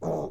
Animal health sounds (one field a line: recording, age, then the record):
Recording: pig call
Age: piglet (1 to 25 days)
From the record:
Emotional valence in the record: negative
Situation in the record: long isolation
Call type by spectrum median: low-frequency call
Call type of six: low-frequency stable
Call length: 0.31 s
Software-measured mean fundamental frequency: 55 Hz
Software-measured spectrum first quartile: 277 Hz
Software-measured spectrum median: 464 Hz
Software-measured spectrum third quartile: 644 Hz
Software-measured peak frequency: 423 Hz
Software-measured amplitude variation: 97 dB a second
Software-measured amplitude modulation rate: 21.0 a second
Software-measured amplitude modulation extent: 4.6 dB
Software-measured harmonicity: 1.8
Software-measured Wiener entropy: -0.36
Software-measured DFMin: 1425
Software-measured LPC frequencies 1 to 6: 539, 2208, 3542, 5852, 6321, 11701 Hz